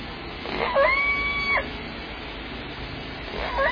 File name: 2014 06 11 22 46 25 Orca limekiln